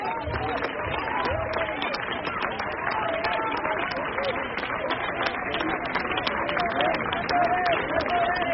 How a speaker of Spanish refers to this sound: El aplauso al Señor.